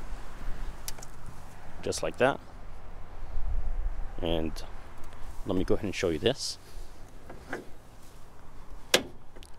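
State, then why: Seated. A bed access step at the rear of a 2021 GMC Sierra 3500 AT4 pickup is deployed so the bed is easier to climb into, while someone talks. A loud, sharp hit at 8.9 s marks the step latching and locking in place at the pickup bed/tailgate.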